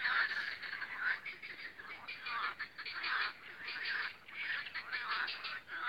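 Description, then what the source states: A chorus of frogs gives rapid, rattling croaks in swelling bursts. The calls overlap and rise and fall in loudness. Spring croaking of frogs on the Lomnica canal, recorded 10 May 2020.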